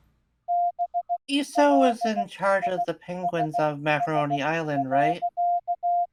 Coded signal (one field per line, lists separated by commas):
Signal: Morse code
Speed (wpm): 16 wpm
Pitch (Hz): 700 Hz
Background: speech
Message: BLISS.